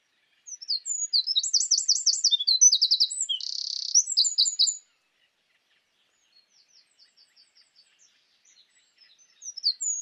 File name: Troglodytes troglodytes